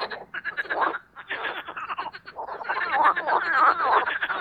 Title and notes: au Parc Chédeville dans l'Oise. des grenouilles rieuses se donnent rendez-vous au printemps pour un concert amoureux